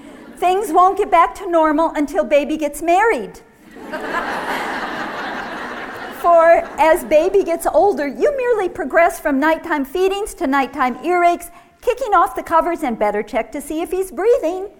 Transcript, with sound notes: Things won't get back to normal until baby gets married! [laughter] For, as baby gets older, you merely progress from nighttime feedings to nighttime earaches, kicking off the covers, and 'better check to see if he's breathing!'